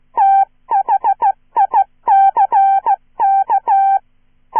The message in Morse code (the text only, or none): THICK